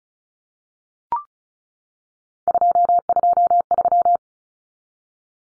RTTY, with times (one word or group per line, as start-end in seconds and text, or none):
none